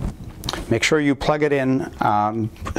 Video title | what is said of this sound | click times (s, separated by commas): SomaPulse Demonstration (Stimulate Stem Cells!) | properly here too and seed it make sure it's seat since you hear that click there's a little stop at the back as well that kind of keeps this in place | 0.5 s